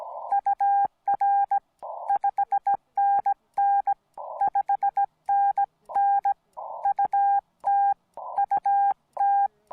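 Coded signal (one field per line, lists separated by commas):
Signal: Morse code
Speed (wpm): 18 wpm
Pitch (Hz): 810 Hz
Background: none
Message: UR 5NN 5NN UT UT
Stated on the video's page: Parks on the Air activation from Delicate Arch on 20m CW, Yaesu FT-891 at 50 watts into a 40m EFHW, battery powered, windy crowded site.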